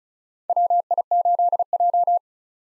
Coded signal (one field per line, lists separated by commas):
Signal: Morse code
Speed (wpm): 36 wpm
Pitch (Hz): 700 Hz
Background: none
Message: WI8J